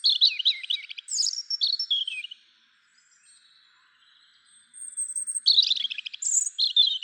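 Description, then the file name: European robin song: a rippling phrase of high warbles and descending slurs, a pause of about two seconds, then another bright phrase. "Erithacus rubecula"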